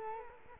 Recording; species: mosquito wingbeat signal from an infrared sensor; Culex quinquefasciatus